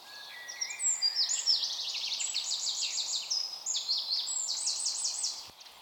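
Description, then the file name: Eurasian wren in continuous song, a fast energetic run of very high trills, chatters and repeated sharp notes lasting about five seconds over light hiss. "Troglodytes troglodytes"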